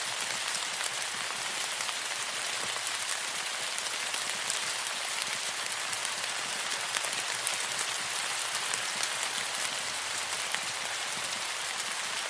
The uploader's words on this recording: Tropical Rainstorm Sounds.